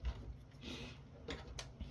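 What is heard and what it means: A plastic fan tray in a Dell Precision T3600/T5600 workstation case is lined up with its locking tabs and pressed down to fix a rattling fan tray. After a soft low thump at the start and some faint handling noise, sharp clicks sound at 1.3 s and 1.6 s as it snaps over the tabs. The tray is seated all the way down.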